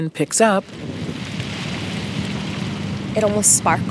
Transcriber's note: soundbite of wind blowing